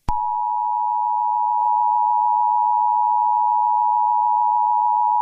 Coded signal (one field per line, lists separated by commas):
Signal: Emergency Alert System (SAME) tones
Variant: 853 and 960 Hz attention tone